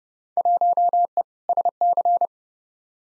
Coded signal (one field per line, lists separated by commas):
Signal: Morse code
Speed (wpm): 30 wpm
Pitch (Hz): 700 Hz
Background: none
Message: 1E SC